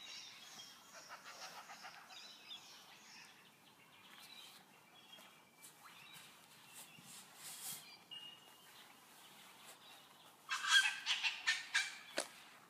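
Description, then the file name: Bird chirps, faint and scattered at first, then a brief burst of louder, high twittering near the end over steady background hiss. "Tweets"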